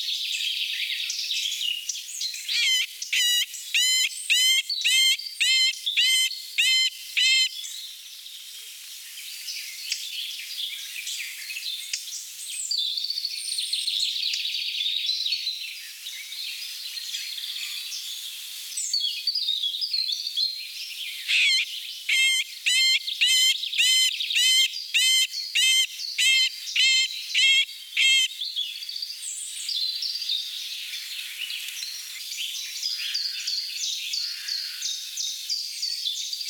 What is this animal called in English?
Middle Spotted Woodpecker